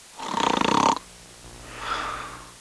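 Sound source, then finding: Adult sleeper. Snoring.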